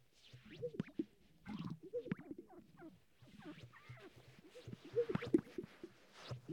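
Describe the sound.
Sage-grouse displays: repeated low gulps ending in sharp pops, with other soft calls between.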